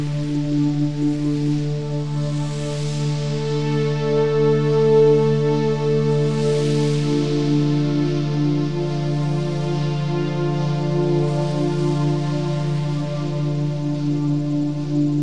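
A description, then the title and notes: A spacecraft leaves a planet and approaches an orbiting GSV, heard as a sustained, layered drone built from steady low and middle tones. The hum holds at an even level throughout, with a soft airy hiss on top that swells and recedes every few seconds. The sound of leaving a planet and meeting an orbiting GSV.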